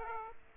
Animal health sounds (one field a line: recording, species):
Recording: mosquito wingbeat signal from an infrared sensor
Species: Aedes aegypti